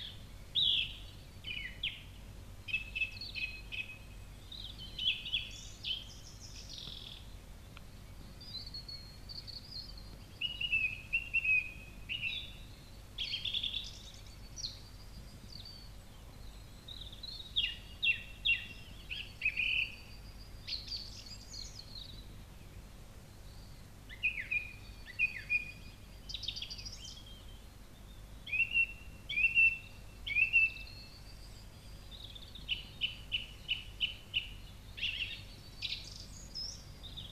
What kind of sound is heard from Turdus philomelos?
song